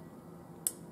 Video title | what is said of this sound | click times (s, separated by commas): HOW TO ACCURATELY MEASURE BODY FAT PERCENTAGE Accu-Measure Body Fat Calipers Review Does it WORK? | there it is that's the click and then you got your little reading over there you see where that line is the millimeters | 0.7 s